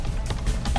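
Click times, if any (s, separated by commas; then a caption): none. A replacement Whelen inner-edge LED light head is pushed by hand into its mount on a light bar, with brief handling knocks and taps over background music. Nothing has seated or clicked yet.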